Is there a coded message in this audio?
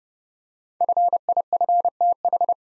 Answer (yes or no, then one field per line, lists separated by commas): yes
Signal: Morse code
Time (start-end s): 0.8-2.5 s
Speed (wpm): 30 wpm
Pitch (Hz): 700 Hz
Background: none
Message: FIFTH